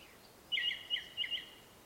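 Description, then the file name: Ring ouzel giving a brief phrase of three or four clear, slightly warbled piping notes in quick succession. Song recorded in Slovakia with an Olympus LS-11 recorder. "Turdus Torquatus Song Slovakia"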